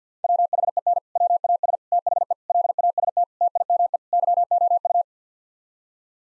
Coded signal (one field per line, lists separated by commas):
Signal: Morse code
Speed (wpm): 50 wpm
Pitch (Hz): 700 Hz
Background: none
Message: WHEN WAS THE LAST TIME YOU